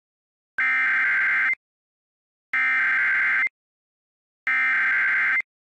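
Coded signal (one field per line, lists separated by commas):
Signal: Emergency Alert System (SAME) tones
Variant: header bursts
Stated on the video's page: Recreated alert depicting a fictional big explosion.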